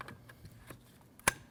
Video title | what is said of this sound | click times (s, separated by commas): How to Replace Front Power Window Motor & Regulator Assemblies 2012-2016 Honda CR-V | Make sure you hear the click. | 1.3 s